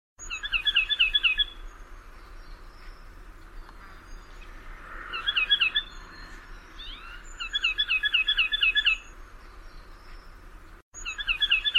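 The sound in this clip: Bird giving repeated rapid series of sharp chirps, about three bursts separated by a few seconds of quiet hiss.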